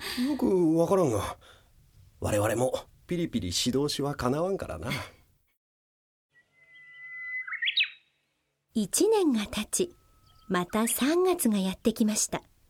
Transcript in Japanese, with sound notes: よく分からんが我々もピリピリし通しはかなわんからな。
（うぐいすの声） １年が経ち、また３月がやってきました。